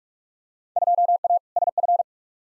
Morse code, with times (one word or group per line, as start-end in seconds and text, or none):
0.8-1.4 2A
1.6-2.0 SF